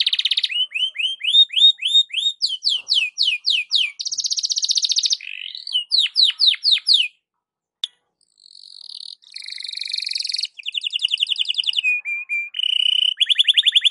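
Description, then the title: Belgian canary song with rolling trills, rising slurred notes and buzzy rattles, broken by a short silence midway before resuming with rapid repeated phrases. Belgian canary song for warming up the birds in the morning, suitable as a tutor recording (masteran) for training birds. "Canto Para Esquentar Canário Belga. SUARA BURUNG KENARI DI PAGI HARI COCOK BUAT MASTERAN"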